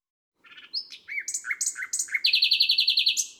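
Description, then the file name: Common nightingale song: a phrase of swooping whistled notes leading into a fast, rhythmic series of sharp repeated notes. "Rossignol philomele"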